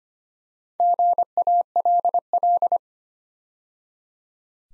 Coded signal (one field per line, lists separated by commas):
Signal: Morse code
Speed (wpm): 25 wpm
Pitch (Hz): 700 Hz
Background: none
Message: GALL